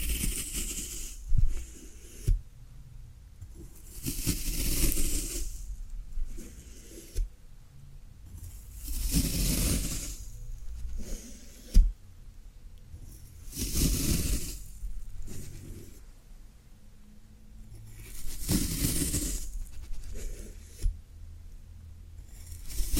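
Floral foam being handled in a series of crunchy, crumbly bursts, each a few seconds long, with louder peaks around 5, 10, 15 and 19 seconds. Short sharp taps and clicks fall between them, over a faint low rumble and quiet gaps.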